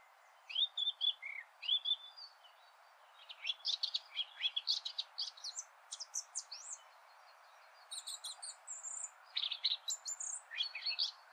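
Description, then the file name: Eurasian blackcap song: rich warbled phrases of varied notes, delivered in bursts with short pauses, ending in higher squeaky notes. "Sylvia atricapilla"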